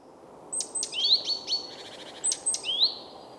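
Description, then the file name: Great tit calls: sharp, very high ticks followed by a rising, buzzy sweep, the pattern given twice over a hiss of background noise. "Parus major"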